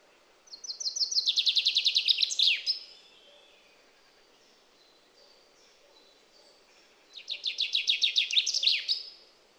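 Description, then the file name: Common chaffinch singing two similar phrases several seconds apart, each a fast descending trill ending in a sharp flourish, with faint soft notes between. "Fringilla coelebs"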